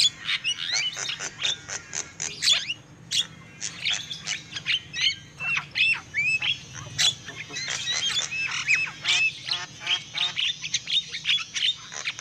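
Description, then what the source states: Lovebird calls, rapid bursts of sharp chirps and short upslurred squeaks in repeated clusters, with brief pauses between bursts. Lovebird calls used as a lure for trapping birds.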